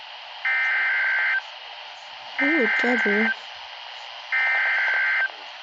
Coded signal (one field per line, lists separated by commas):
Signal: Emergency Alert System (SAME) tones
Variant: header bursts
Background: speech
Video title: Double EAS: Winter storm warning